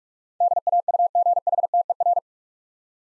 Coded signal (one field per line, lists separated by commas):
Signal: Morse code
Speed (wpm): 46 wpm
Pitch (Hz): 700 Hz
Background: none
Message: DAUGHTER